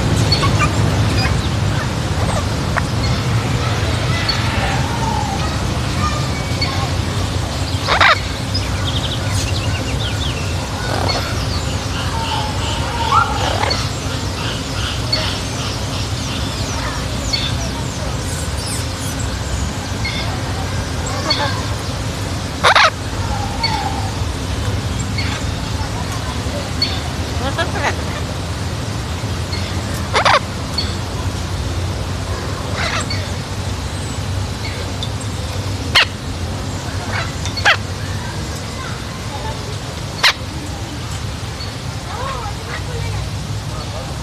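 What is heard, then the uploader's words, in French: A sound walk through a watery landscape, with a steady low rumble and wash running throughout. Sharp clicks and knocks break through irregularly, about every few seconds, with brief murmured voices and faint animal calls. Un cheminement sonore à travers des paysages aquatiques terrestres et souterrains.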